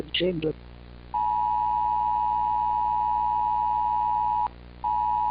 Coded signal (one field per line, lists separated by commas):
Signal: Emergency Alert System (SAME) tones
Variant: 853 and 960 Hz attention tone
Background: speech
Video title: Project Index S.2 - Emergency Alert System